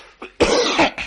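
A single harsh cough burst from an adult man who has caught a cold, after a faint catch of breath, with a short tail.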